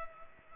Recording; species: mosquito wingbeat signal from an infrared sensor; Culex pipiens